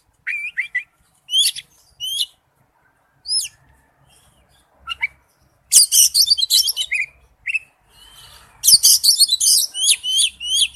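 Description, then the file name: Oriental magpie-robin with a few spaced whistled notes, then two dense bursts of loud, rapid, varied whistling and chattering. "tieng chich choe than hot"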